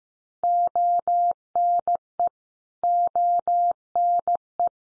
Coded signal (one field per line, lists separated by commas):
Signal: Morse code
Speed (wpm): 15 wpm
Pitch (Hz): 700 Hz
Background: none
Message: ONE ONE